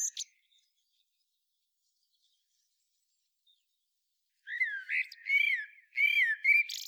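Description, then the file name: Eurasian blackbird: the brief squeaky end of one phrase, a long quiet pause, then a full mellow whistled phrase with rising and falling notes. "Turdus merula"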